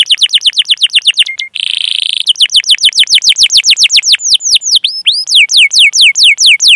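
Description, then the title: Domestic canary song: rapid trills of steeply falling whistled notes, broken by a brief buzzy rattle, then sweeping downslurred notes resuming. Lively singing canary with the best song phrasing (cengkok) and most luxurious fills. "Kenari Gacor Cengkok Terbaik Isian Paling Mewah"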